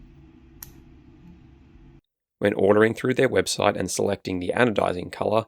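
A bearing is pressed by hand into a machined, anodized 6061 aluminium robot part housing and snaps into place with a gentle push at 0.6 s, then spins freely. A short, sharp click rises above a low, steady hum. After a brief silence, someone talks.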